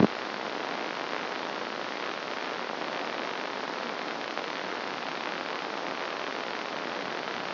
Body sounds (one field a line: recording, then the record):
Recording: brain microelectrode recording played as sound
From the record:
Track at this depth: outside the subthalamic nucleus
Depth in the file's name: 0.545 mm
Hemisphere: left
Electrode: 2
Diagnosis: Parkinson's disease